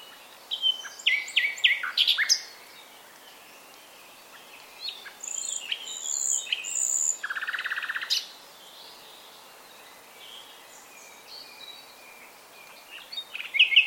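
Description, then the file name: Common nightingale song of varied chirps and whistled notes, a high thin whistle, and a low buzzing rattle, then a pause before more notes. "Luscinia megarhynchos"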